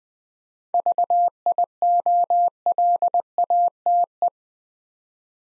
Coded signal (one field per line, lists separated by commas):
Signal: Morse code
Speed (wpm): 20 wpm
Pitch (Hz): 700 Hz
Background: none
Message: VIOLATE